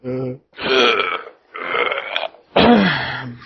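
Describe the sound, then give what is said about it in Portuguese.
A person makes loud, gravelly retching or burping noises: a short burst, then three longer, strained heaves separated by brief pauses, with no speech. “Você tá vomitando aí”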